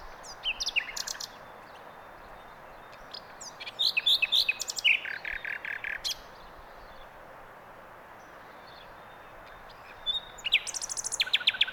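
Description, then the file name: Common nightingale song in separate bursts: high whistles and chirps, a rattling run of repeated notes, a long pause, then more rapid high phrases at the end. "Luscinia megarhynchos"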